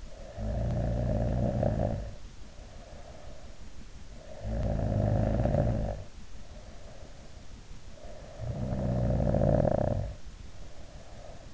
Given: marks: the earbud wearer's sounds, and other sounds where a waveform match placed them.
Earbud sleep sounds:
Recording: sounds in sleep by an in-ear microphone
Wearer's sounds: snoring breath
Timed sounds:
0.00-3.39 s: snoring breath
4.22-7.39 s: snoring breath
7.85-11.54 s: snoring breath

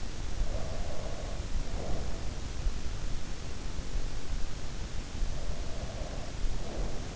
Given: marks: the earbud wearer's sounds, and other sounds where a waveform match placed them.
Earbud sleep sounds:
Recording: sounds in sleep by an in-ear microphone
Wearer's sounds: breath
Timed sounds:
0.07-2.32 s: breath
4.60-7.16 s: breath

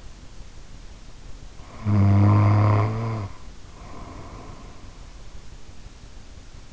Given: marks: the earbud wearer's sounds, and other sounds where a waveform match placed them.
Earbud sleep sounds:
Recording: sounds in sleep by an in-ear microphone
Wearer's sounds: snoring breath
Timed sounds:
1.59-5.21 s: snoring breath

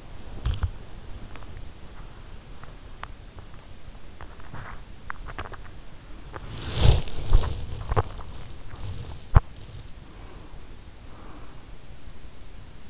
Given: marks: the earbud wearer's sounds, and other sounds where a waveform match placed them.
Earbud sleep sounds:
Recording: sounds in sleep by an in-ear microphone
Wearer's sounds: body movement, breath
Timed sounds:
0.00-12.90 s: body movement
9.69-11.83 s: breath

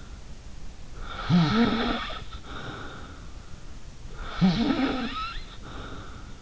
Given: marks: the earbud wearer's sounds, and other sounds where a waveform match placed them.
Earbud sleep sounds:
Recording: sounds in sleep by an in-ear microphone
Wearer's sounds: snoring breath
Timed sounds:
1.00-3.33 s: snoring breath
4.17-6.40 s: snoring breath

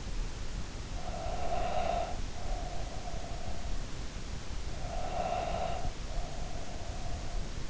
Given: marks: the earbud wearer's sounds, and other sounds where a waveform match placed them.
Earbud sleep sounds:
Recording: sounds in sleep by an in-ear microphone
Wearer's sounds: breath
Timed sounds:
0.92-3.87 s: breath
4.43-7.70 s: breath

